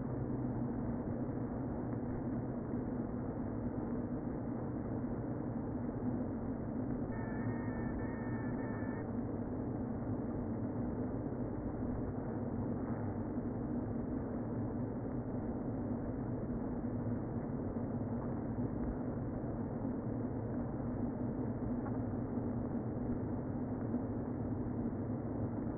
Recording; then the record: honeybee colony, microphone inside the hive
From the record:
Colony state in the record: queen present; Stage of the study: before two queens were removed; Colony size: about 60,000 bees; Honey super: yes